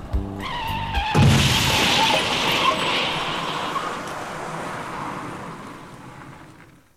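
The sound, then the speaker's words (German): A car crash sound effect: a brief engine or horn tone gives way at about one second to a loud, broad smash that rings with scattering debris and slowly fades over several seconds. “Er kam bei einem Verkehrsunfall ums Leben,”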